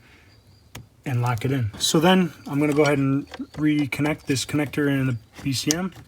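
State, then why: Seated. A lighting module's flexible lead connector, bent around and pushed into the tap's spade socket on pin 7 while wiring cargo and reverse lamps on Boost Auto Parts tow mirrors for a GMC Canyon/Chevy Colorado, locks in with a single sharp click at 0.8 s. Someone then talks for the rest of the clip, and the connector is seated.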